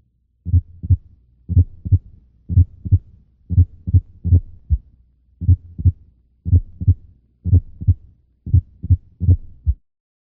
Simulated atrial premature complexes the heart sounds are not split there is no compensatory pause after the premature beats.